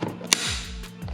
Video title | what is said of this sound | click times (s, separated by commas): Mercedes W211 E Class Mirror Gasket Replacement | okay now i got it just push it in you're gonna hear it click | 0.3 s